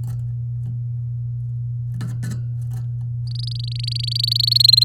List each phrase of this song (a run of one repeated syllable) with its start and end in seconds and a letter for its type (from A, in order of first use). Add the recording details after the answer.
3.27-4.58 A, 4.59-4.84 B. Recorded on 7 May 2018 at 05:38. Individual llb16